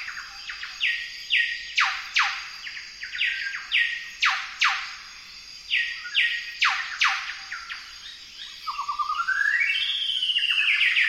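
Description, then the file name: Golden whistler singing: clear whistled notes broken by loud whip-like downslurred cracks, then a rising run of quick notes near the end, over a steady high hiss. "golden whistler bird singing"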